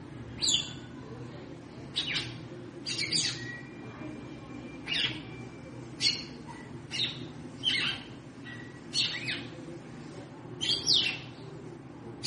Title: Canto Galo Campina Fêmea. Fêmea de GALO DE CAMPINA - TRICULANDO,BATENDO FOGO PRA ESQUENTAR O MACHO